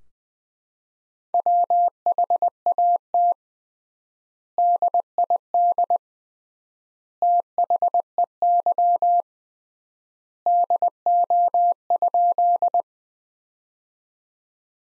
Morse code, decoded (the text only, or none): WHAT DID THEY DO?